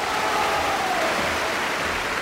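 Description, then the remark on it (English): A crowd of partygoers applauds in a dense, steady wash of clapping that holds at an even, fairly loud level throughout, with no distinct individual claps and no voices. “Fellow partygoers, I think it's high time, and I'm sure you'll agree, I think it's high time we stopped listening to me and had some applause instead.”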